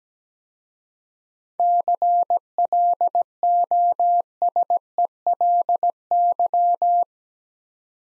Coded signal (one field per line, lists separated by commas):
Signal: Morse code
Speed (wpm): 17 wpm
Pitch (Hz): 700 Hz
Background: none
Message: CLOSELY